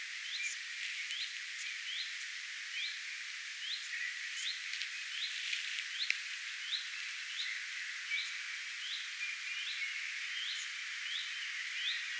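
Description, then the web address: Common redstart's rising whistled alarm notes repeat in a steady series, partly masked by hiss, crackle and fainter calls. Alarm or attention calls, recorded 3 May 2025. "paivat 3 5 2025 leppalinnun huomioaantelya"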